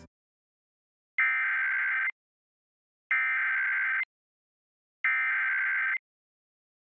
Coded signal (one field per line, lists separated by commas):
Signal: Emergency Alert System (SAME) tones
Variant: header bursts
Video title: Child Abduction Emergency (EAS 1302)